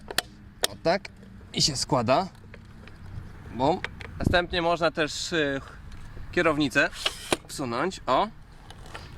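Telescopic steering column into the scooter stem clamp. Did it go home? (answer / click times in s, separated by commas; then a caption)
no / none. Someone talks while handling a KAABO Skywalker 10S+ electric scooter after folding it, with sharp mechanical clicks near 0.2 s and 0.6 s and a few fainter taps later. The metal telescopic steering column is being shortened by sliding it down into the stem clamp. Nothing has seated or locked in place yet.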